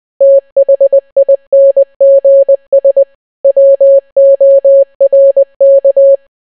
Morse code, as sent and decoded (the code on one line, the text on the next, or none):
- .... .. -. --. ... / .-- --- .-. -.-
THINGS WORK